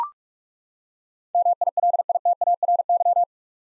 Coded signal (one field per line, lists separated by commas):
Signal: Morse code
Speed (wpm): 41 wpm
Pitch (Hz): 700 Hz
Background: none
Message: MILITARY